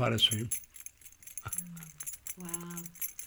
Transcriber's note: the sound of keys jingling is heard on the tape